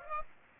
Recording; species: mosquito wingbeat signal from an infrared sensor; Aedes aegypti